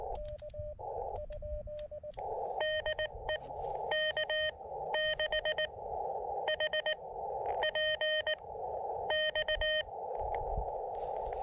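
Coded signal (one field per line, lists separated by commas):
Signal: Morse code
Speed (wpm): 19 wpm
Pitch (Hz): 1850 Hz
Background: radio noise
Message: DE K6HPX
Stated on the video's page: Morse from a short Summits On The Air activation.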